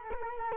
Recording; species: mosquito wingbeat signal from an infrared sensor; Culex quinquefasciatus